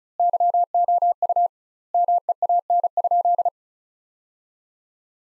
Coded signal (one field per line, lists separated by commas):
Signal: Morse code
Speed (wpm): 34 wpm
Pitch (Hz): 700 Hz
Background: none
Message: YOU MEAN?